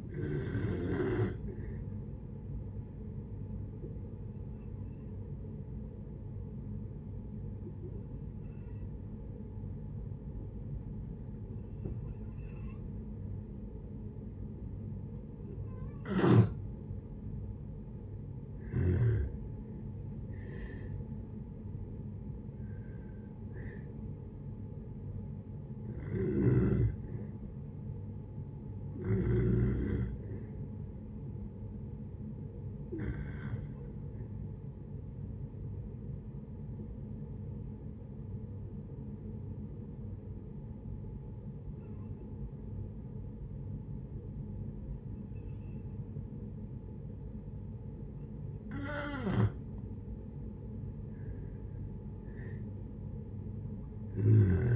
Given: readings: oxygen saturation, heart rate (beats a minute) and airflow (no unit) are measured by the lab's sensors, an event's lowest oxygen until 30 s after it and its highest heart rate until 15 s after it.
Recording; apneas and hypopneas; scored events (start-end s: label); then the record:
breathing in sleep by a smartphone at the bedside; 2
3.00-19.00 s: hypopnea (N2, oxygen 94% highest, then 86% lowest, heart rate 71 at the start, 78 highest)
25.00-54.76 s: new sleep stage, N1 (lightest sleep)
30.00-49.30 s: hypopnea (N1, oxygen 96% highest, then 87% lowest, heart rate 63 at the start, 64 highest)
From the record:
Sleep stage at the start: N2 (light sleep); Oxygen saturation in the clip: 86 to 96%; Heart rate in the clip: 59 to 78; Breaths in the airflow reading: 12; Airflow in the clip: -5.5 to 7.5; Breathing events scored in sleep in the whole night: 496 in 5.4 hours asleep